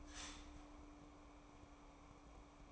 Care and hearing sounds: daily activity, microphone in the room; start toaster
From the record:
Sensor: 1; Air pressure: 1007.2 hPa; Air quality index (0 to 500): 76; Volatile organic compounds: 1 ppm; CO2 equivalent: 665 ppm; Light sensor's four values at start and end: 7/17/7/8 and 7/17/7/8

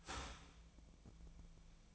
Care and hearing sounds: daily activity, microphone in the room; start toaster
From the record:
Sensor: 1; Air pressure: 1009.2 hPa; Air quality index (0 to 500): 196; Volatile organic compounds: 20 ppm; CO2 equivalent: 2674 ppm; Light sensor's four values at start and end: 28/71/29/35 and 28/71/29/35

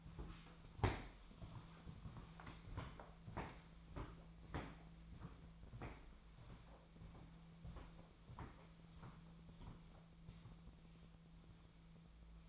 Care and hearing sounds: daily activity, microphone in the room; walk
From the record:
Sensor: 1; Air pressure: 1008.4 hPa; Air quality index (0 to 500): 190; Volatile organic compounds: 17 ppm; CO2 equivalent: 2570 ppm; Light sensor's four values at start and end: 18/47/19/22 and 18/45/18/21

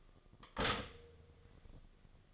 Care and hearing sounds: daily activity, microphone in the room; stop toaster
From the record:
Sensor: 4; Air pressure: 1005.0 hPa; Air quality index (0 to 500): 186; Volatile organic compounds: 5 ppm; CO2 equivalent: 1829 ppm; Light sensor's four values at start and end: 19/62/23/22 and 16/55/21/19

